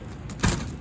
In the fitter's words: it latches easy push on it it doesn't pop open that would mean that slid too far out